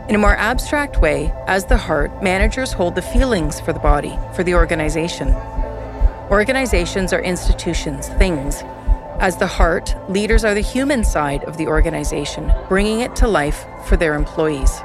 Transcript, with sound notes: In a more abstract way, as the heart, managers hold the feelings for the body – for the organization. [SOUND EFFECTS OF SMALL/MED GROUP CHATTER] Organizations are institutions – things. As the heart, leaders are the human side of the organization, bringing it to life for their employees.